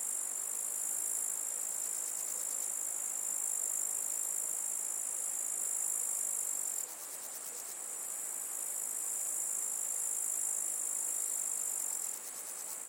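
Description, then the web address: Insect giving a steady, shrill, hissing trill, unbroken for several seconds, dipping in loudness twice. "насекомые"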